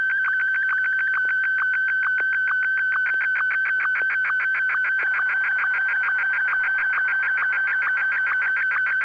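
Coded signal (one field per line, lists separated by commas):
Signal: SSTV (slow-scan television)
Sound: steady mid-pitched tone with rapid, regular ticking pulses, like a dark image being scanned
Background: low hum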